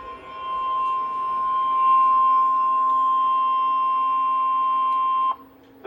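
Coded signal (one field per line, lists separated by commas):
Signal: Emergency Alert System (SAME) tones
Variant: 1050 Hz attention tone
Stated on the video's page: Real tests, watches and warnings recorded from a NOAA Weather Radio station in Texas.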